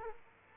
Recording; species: mosquito wingbeat signal from an infrared sensor; Culex quinquefasciatus